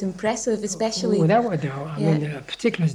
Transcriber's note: none